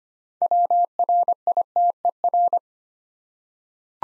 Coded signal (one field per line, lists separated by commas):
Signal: Morse code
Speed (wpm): 25 wpm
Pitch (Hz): 700 Hz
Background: none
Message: WRITER